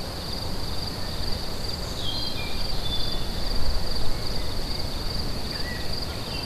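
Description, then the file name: Crickets give a steady high trill throughout, with a few faint bird whistles and a constant low rumble underneath. Crickets recorded together with birds at Lacoux on 22 May 2016, using an MZ-N710. "Grillons et oiseaux Lacoux 22 05 16"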